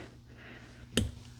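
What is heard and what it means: A crimped spark plug wire terminal is pushed into its coil boot on a 2000 Ranger being swapped to a turbocharged 302 V8. After a quiet stretch with a low hum, a single sharp click sounds at 1.0 s as the terminal seats.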